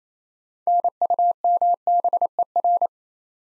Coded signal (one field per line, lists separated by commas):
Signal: Morse code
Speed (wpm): 28 wpm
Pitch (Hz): 700 Hz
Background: none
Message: NUMBER